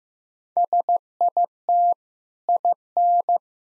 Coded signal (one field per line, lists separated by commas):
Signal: Morse code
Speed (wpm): 15 wpm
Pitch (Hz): 700 Hz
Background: none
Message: SIT IN